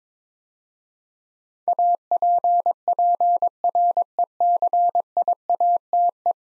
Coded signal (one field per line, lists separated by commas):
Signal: Morse code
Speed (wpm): 22 wpm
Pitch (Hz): 700 Hz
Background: none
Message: APPRECIATE